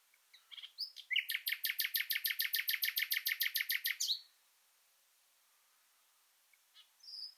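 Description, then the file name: Common nightingale song: a loud, fast, even series of about twenty repeated sharp notes lasting three seconds, then quiet with faint notes. "Luscinia megarhynchos"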